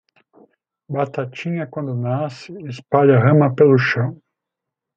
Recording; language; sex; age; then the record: short text; Brazilian Portuguese; male; 40 to 49 years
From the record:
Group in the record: control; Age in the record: 45 years